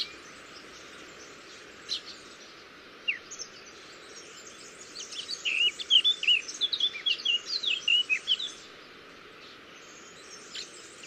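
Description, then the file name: Eurasian blackcap giving a single rich warbled phrase midway, a run of fast varied high notes, with a few scattered chips before and a constant noisy background. "Sylvia atricapilla"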